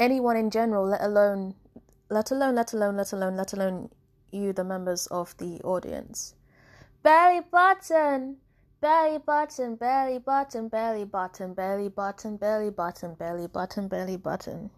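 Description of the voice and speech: An adult woman with Tourette's syndrome speaks, and her speech is broken by unintentional vocal tics: she repeats 'let alone' four times, then blurts the learned phrase 'belly button' eight times in a row, unrelated to what she is saying. Her Tourette's has progressed.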